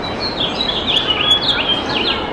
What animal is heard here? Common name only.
House Finch